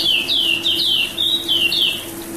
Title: Kicau Kacer